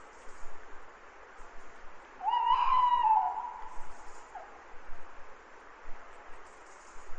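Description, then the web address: Owl call: a single drawn-out, level tone with bright harmonics lasting just over a second, fading at the end, over a steady hiss of background noise. Recorded on 3 May. "numbersquash nighdi 3 may owls"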